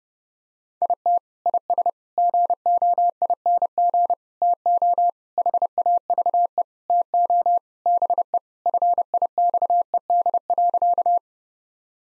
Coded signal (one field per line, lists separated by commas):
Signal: Morse code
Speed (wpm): 30 wpm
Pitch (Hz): 700 Hz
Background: none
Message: IT IS GOING TO HAVE TO BE FIXED.